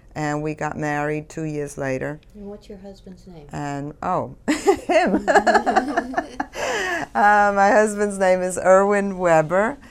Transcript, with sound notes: and we got married two years later.
And what's your husband's name?
Oh, (she laughs) him!. My husband's name is Irwin Weber.